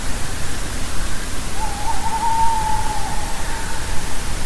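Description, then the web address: Tawny owl hoot: a single drawn-out, wavering mid-pitched tone lasting over a second, half buried in steady loud hiss and rumble. Song variant C. "Waldkauz. Gesangsvariante C"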